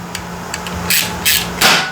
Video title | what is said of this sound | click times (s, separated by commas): Kawasaki Vulcan 900 Clutch Replacement - COMPLETE HOW TO | oh did you hear that that just snapped into place so it was caught on something so that's | 0.5 s